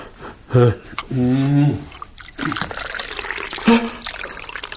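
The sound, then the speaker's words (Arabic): In a dramatized story, fresh water gushes up from the ground beneath a she-camel's hoof, rushing and splashing in a steady, noisy stream while the voices of Abd al-Muttalib's travelling party break in with loud, drawn-out exclamations, the gushing continuing between their cries. “الماء، الماء، لقد انبعث الماء العذب من تحت خف ناقتي.”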